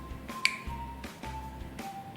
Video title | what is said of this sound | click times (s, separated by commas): How to use Breezhaler | 5 close the inhaler until a click sound is heard step | 0.4 s